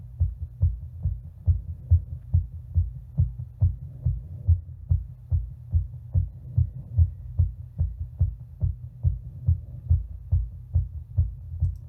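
Adult heart sounds heard through a stethoscope.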